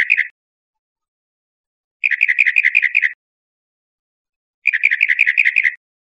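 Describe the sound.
Northern mockingbird giving harsh, rapid rattling bursts about a second long, repeated every two to three seconds, with silence between.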